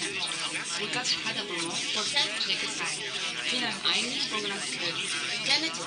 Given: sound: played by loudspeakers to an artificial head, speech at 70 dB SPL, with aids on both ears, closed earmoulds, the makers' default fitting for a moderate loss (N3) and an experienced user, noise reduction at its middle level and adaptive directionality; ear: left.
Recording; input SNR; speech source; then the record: speech test signal (ISTS) in cocktail-party noise; 0 dB; on the right (90 degrees)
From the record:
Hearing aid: class 2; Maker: A